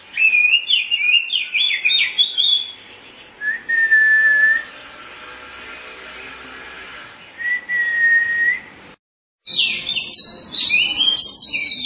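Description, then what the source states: Oriental magpie-robin song: rapid varied twittering, two long level whistles, a short silence, then another burst of fast jumbled notes. Chirping song (kicauan) of the bird.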